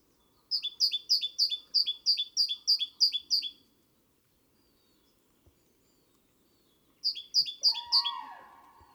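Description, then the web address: Great tit delivering a quick series of about ten paired high notes, then silence, then a second short burst overlapping a lower call. "SETE data Parus major"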